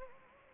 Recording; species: mosquito wingbeat signal from an infrared sensor; Anopheles gambiae